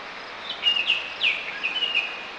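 Bird calls: a series of short, sharp chirps with quick pitch sweeps, some bunched in pairs and trios, over a faint steady background hiss.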